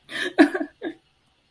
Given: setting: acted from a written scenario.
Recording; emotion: vocal sound without words; sadness